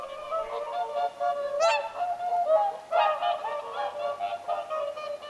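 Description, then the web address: Whooper swans calling, dense chorus of harmonic honks with a few louder swooping notes. Whooper swans calling at Lintulahti, 6 November 2025. "paivat 6 11 2025 laulujoutsenten aantelya lintulahdella"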